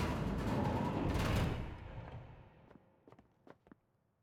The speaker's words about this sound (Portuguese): Ele tá armado. Cuidado! Espera! Não sei como sobreviveu àquele tiro, mas eu não vou te deixar machucar mais ninguém.